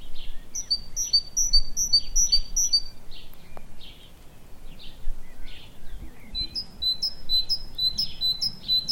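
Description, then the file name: Great tit calls, a run of crisp repeated high notes, then scratchier lower notes, and another bright series at the end, over soft background noise. "Parus major"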